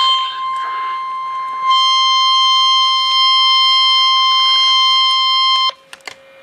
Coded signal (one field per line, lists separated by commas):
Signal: Emergency Alert System (SAME) tones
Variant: 1050 Hz attention tone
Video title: NOAA Weather Radio EAS #82: Severe T-Storm Warning